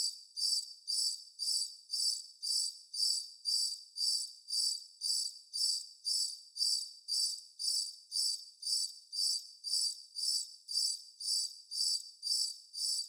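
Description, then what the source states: Cricket calling in a regular chain of shrill chirps, about twice a second, each pulse short and grainy, with no other noises heard. Constant cricket bed.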